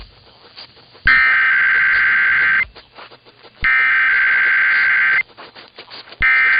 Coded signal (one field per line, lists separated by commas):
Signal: Emergency Alert System (SAME) tones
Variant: header bursts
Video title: KDKA Required Weekly Test & Amplify Theme (EAS #1317)